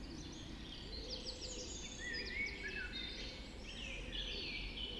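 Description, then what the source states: Birds singing in chorus, quick chirps, a clear rising whistle and busy warbling phrases from several birds at once, over low background noise. Dawn chorus recorded just after dawn in the Forest of Dean.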